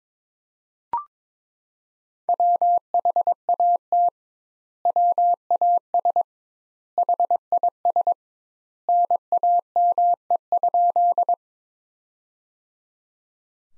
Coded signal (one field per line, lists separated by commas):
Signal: Morse code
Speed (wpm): 21 wpm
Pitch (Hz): 700 Hz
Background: none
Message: WHAT WAS HIS NAME?